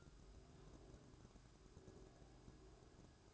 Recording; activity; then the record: daily activity, microphone in the room; take from stove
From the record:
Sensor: 2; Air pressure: 1007.8 hPa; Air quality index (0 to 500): 102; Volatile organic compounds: 1 ppm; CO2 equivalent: 766 ppm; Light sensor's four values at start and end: 6/15/6/6 and 7/15/6/6